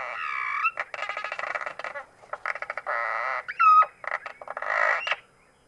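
Cliff swallow song: nearly continuous creaky, grating phrases mixed with squeaky whistles and one clear descending squeal, delivered in quick, uneven bursts.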